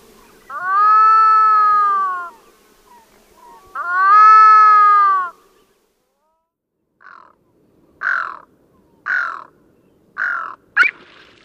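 Pacific loon uttering two long, steady harmonic wails a few seconds apart, then several short, harsh croaking notes about a second apart.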